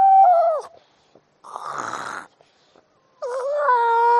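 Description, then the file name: Seal calls: a falling tonal moan, then a rough breathy snort-like sound, followed by a rising and steadying wail. "audio hero Seal"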